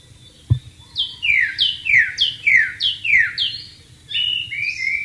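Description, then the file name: White-rumped shama song, a series of loud descending slurred whistles, then a few flatter whistled notes at the end. Wild bird, recorded in the wild. "suara burung murai batu di alam liar"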